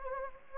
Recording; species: mosquito wingbeat signal from an infrared sensor; Anopheles gambiae